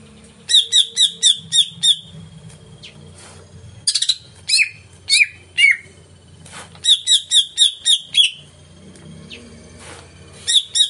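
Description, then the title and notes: Greater green leafbird singing lively repeated chips about four per second, broken by buzzy slurred whistles, then more rapid chip series; low background hum throughout. Song of a singing-active (gacor) bird played as a lure (pancingan) to prompt a caged cucak ijo to sing when hung up. "Pancingan CUCAK IJO Mau Di Gantang. Cucak Ijo Gacor"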